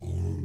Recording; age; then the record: pig call; weaner (32 to 43 days)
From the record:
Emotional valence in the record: negative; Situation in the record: negative conditioning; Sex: female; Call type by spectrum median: low-frequency call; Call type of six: low-frequency stable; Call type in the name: low-frequency stable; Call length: 0.45 s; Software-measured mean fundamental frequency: 44 Hz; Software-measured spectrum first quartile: 91 Hz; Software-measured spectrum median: 124 Hz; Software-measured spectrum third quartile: 242 Hz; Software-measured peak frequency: 108 Hz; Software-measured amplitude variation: 164 dB a second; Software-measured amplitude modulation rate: 34.5 a second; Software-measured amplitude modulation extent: 4.8 dB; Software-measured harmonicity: 1.0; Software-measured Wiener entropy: -0.48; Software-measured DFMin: 934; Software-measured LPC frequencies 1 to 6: 1942, 2698, 3489, 5310, 6149, 6966 Hz